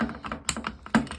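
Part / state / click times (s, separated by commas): wire harness connector into washer door lock switch / seated / 0.5 s, 0.9 s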